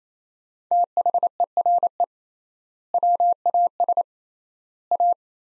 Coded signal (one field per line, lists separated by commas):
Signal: Morse code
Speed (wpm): 28 wpm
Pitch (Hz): 700 Hz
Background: none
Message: THERE WAS A